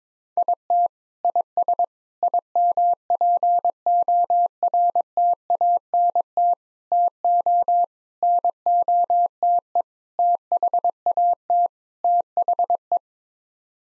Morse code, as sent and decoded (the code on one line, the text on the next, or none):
.. - / .. ... / .. -- .--. --- .-. - .- -. - / - --- / -. --- - . / - .... .- - / - .... .
IT IS IMPORTANT TO NOTE THAT THE